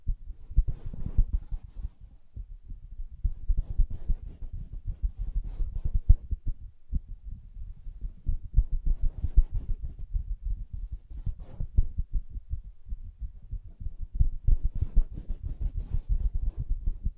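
Soft tapping and scratching on a fabric surface, mostly dull low thuds in dense, irregular clusters. Occasional brighter scratchy hiss rises above the thumps in bursts around 1, 5, 11 and 15 seconds. The activity continues throughout with only brief pauses.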